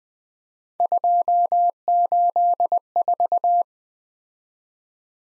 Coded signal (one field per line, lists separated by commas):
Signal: Morse code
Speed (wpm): 20 wpm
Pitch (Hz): 700 Hz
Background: none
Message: 284